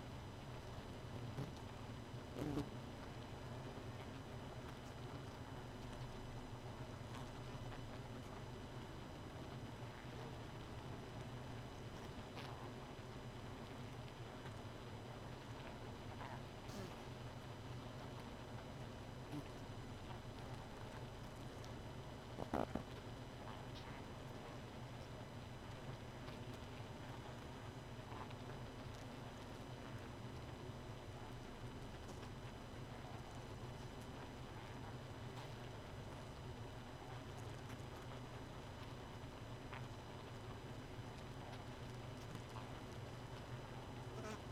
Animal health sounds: honeybee colony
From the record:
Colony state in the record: missing queen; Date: 31 May 2018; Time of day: 2:24

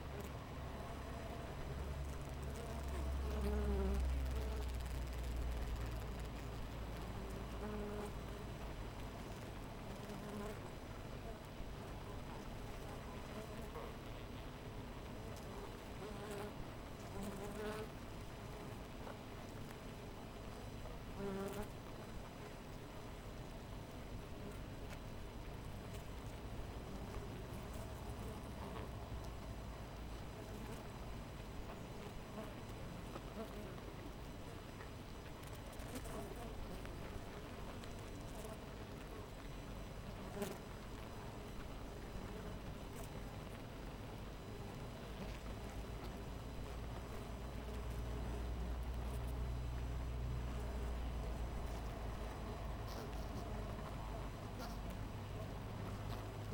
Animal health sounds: honeybee colony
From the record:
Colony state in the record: missing queen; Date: 14 July 2017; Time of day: 7:07

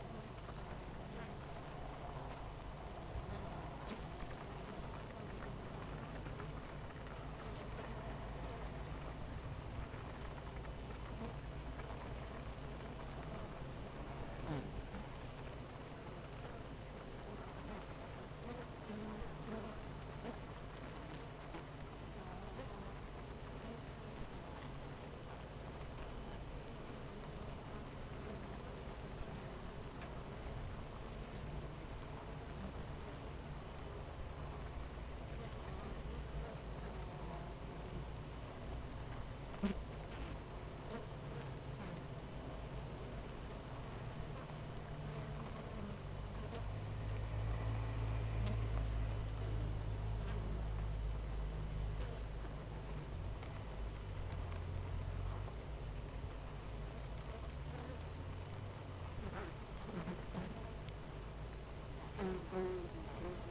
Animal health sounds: honeybee colony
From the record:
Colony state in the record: missing queen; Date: 14 July 2017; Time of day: 8:35

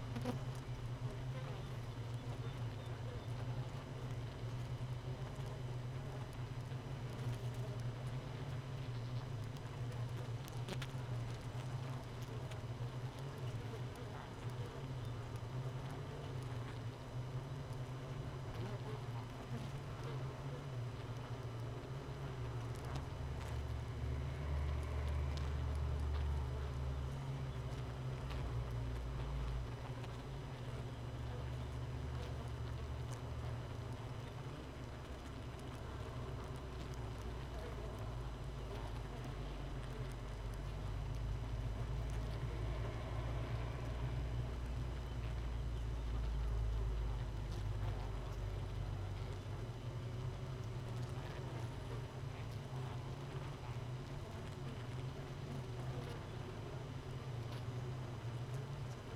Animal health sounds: honeybee colony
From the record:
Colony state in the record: missing queen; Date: 31 May 2018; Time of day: 4:44

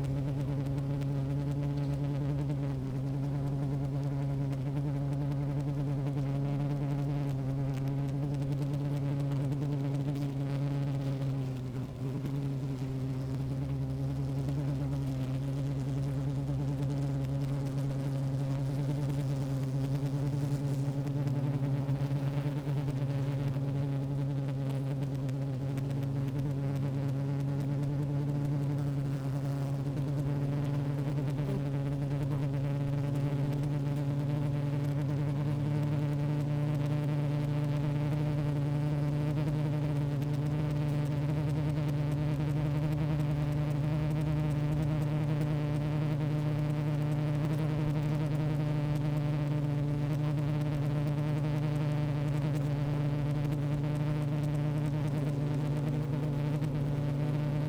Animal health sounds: honeybee colony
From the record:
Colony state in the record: active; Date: 28 July 2017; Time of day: 15:06

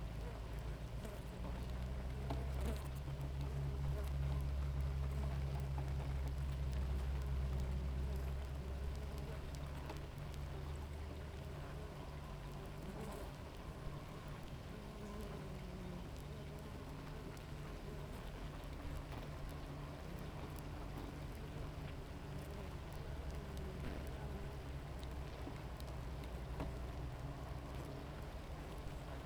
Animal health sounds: honeybee colony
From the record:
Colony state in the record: active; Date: 28 July 2017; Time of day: 7:25

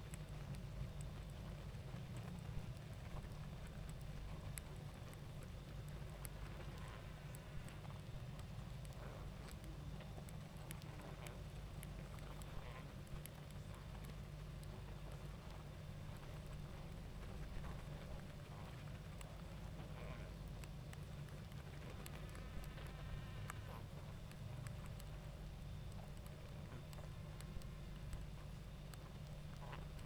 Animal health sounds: honeybee colony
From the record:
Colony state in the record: active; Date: 28 July 2017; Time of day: 20:49

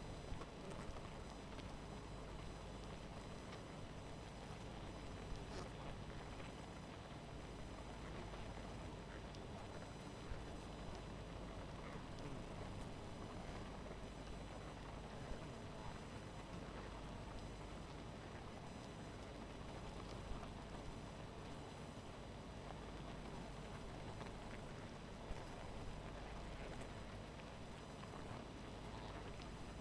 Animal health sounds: honeybee colony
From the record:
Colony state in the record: missing queen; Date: 14 July 2017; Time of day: 0:26

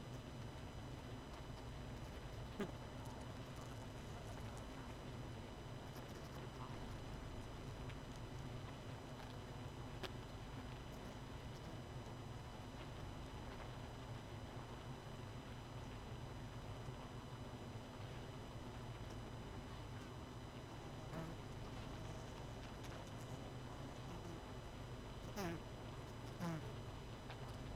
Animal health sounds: honeybee colony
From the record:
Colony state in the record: missing queen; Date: 31 May 2018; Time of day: 19:20

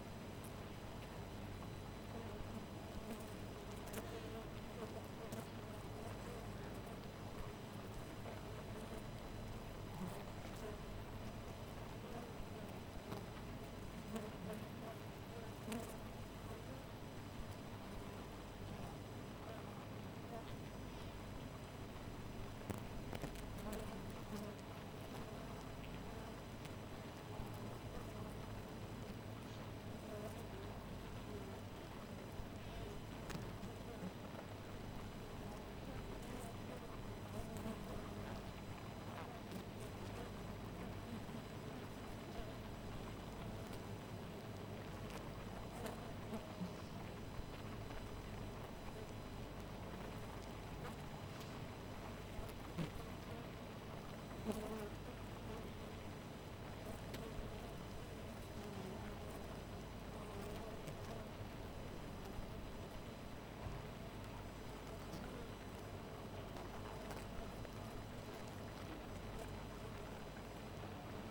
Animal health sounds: honeybee colony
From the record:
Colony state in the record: missing queen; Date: 14 July 2017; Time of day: 4:28

